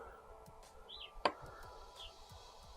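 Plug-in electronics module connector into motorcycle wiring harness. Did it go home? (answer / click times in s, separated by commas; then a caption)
no / none. The plastic connector of an aftermarket Healtech quickshifter/servo-eliminator module is pushed into the wiring harness of a 2023 Yamaha MT10 motorcycle. One short, sharp bump at 1.3 s is the insertion itself, not a latch, over a quiet background. Nothing clicks; the connector is a friction fit that just pulls in and out.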